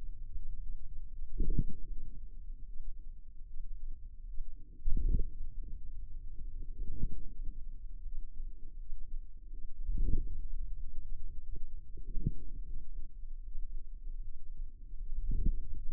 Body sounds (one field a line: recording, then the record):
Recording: forearm muscle sounds (acoustic myography)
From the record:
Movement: wrist flexion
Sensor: system 2, bracelet of six BSWA MPA416 microphones around the upper forearm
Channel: 4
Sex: female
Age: 23 years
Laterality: right